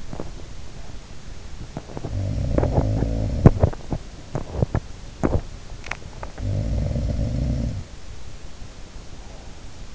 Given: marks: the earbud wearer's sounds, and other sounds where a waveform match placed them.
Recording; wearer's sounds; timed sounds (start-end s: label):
sounds in sleep by an in-ear microphone; teeth grinding
0.00-6.52 s: teeth grinding
1.92-3.89 s: sound from someone else or the room
6.19-8.15 s: sound from someone else or the room